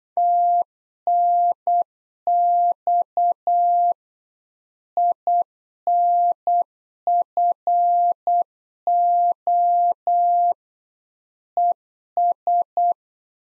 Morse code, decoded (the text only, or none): TNX INFO ES